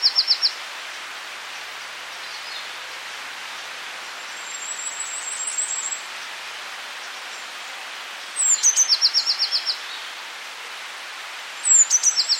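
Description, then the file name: Eurasian blue tit giving a full phrase of high opening notes and a rapid ringing trill, with faint high twittering earlier and clipped phrases at either end. "Cyanistes caeruleus"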